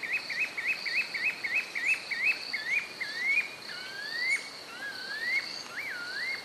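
Spotted puffbird calling a long series of whistled notes, quick and clipped at first, then slowing into longer, looping upslurred whistles, over a steady high insect drone.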